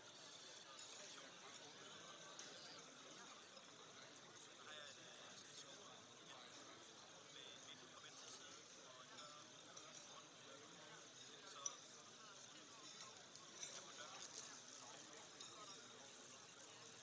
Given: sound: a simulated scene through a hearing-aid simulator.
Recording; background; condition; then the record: conversation; cafeteria; -6 dB SNR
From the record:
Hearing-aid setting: anchor resembling a broken hearing aid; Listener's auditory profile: D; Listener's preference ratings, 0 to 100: 59, 0, 1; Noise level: 65 dB SPL